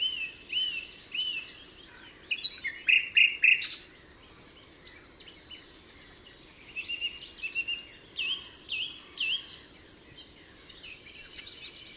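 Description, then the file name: Common nightingale song in short loud bursts, with a rapid run of repeated sharp notes near the start and scattered phrases later. Recorded at Altmühlsee on 27 April 2014. "Nachtigall. Altmuehlsee. Susanne Rieck"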